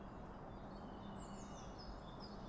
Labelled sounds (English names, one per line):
Eurasian Blue Tit